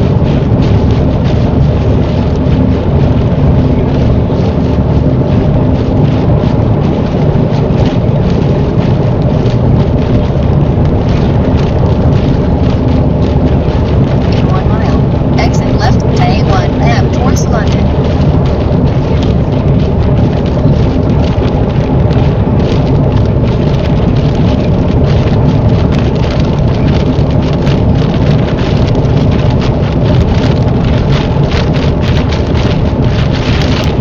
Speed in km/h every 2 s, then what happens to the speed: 90, 90, 92, 93, 90, 90, 89, 90, 89, 87, 87, 87, 89, 87, 89, 87, 87.
0-34 steady at about 89.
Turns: none.